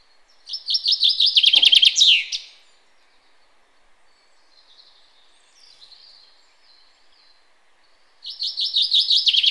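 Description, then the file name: Common chaffinch singing a rattling, descending series of sharp notes closing with a flourish; soft twitters follow before the next song starts. "Fringilla coelebs"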